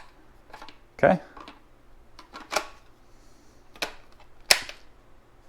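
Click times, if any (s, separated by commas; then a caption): 4.5 s. A power tool battery pack is slid back into a Black and Decker BDCR20 cordless reciprocating saw after being removed with the orange release button. Several softer clicks and rattles lead up to a loud, sharp click at 4.5 s as the battery seats in place, and someone talks.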